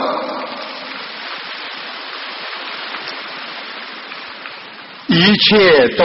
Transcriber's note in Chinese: 掌声